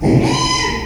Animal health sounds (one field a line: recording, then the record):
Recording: squeal of a Yucatan mini pig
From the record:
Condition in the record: after surgery on the right vocal fold (resection and tissue-engineered implant)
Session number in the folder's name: 2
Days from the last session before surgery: 13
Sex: male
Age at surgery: 12 weeks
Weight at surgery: 13 kg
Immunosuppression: cyclosporine, prednisolone